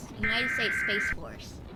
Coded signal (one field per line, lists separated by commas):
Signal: Emergency Alert System (SAME) tones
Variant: header bursts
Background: speech